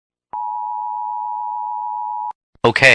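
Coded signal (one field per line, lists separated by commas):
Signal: Emergency Alert System (SAME) tones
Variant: 853 and 960 Hz attention tone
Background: speech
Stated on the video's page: Parody containing possibly valid EAS tones.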